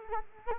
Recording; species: mosquito wingbeat signal from an infrared sensor; Culex quinquefasciatus